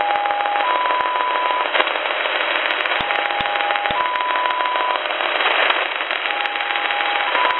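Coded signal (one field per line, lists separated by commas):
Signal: numbers station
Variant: XPA-like polytone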